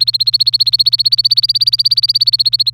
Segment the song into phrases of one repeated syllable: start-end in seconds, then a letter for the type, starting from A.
0.00-2.70 A